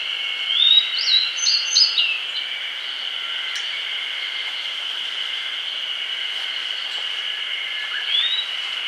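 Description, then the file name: Grey bunting phrase early on, a rising whistle and several high choppy notes, then a faint upslur near the end; a loud steady drone runs throughout. "Emberiza variabilis"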